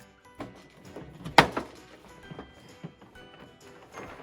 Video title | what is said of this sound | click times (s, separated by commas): Fisher Price Jumperoo: Assembly - Cleaning - Seat Removal [Step by Step] | Insert the seat and push it down until it snaps to the place. | 1.4 s